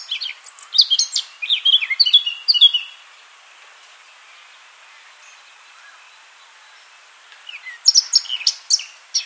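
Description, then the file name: Eurasian blackcap song: a fast scratchy warble followed by clearer whistled notes, a few seconds of quiet, then another burst of chattering song. "Sylvia atricapilla"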